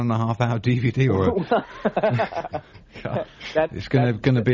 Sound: laughing